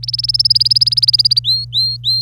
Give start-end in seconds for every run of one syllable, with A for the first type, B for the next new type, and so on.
0.03-1.39 A, 1.44-2.22 B